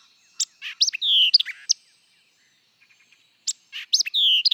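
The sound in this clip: White-eyed vireo song: two quick, sharp, varied phrases of chips, slurred notes and a long downslurred whistle, the phrase repeated after a pause of about two seconds.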